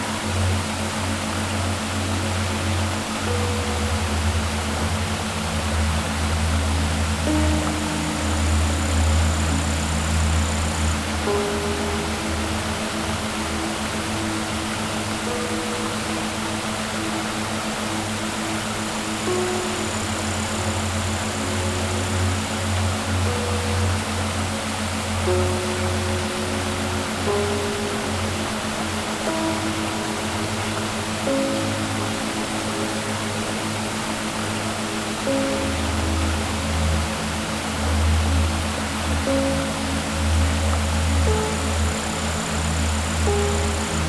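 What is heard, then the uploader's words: Water falls in a constant, dense rush that fills the whole 44 seconds without pause. A low rumble swells and fades in slow waves underneath, strongest early on and near the end, while faint steady tones hover above the roar. Under The Waterfall.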